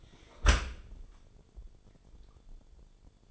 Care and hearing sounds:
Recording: daily activity, microphone in the room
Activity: close dishwasher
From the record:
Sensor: 5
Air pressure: 1015.0 hPa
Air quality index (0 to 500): 113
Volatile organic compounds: 2 ppm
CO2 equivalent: 1213 ppm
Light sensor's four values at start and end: 34/79/32/32 and 35/80/32/32

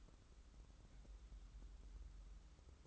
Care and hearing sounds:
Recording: daily activity, microphone in the room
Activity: take from stove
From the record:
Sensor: 3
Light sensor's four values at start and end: 199/479/202/201 and 199/479/202/201

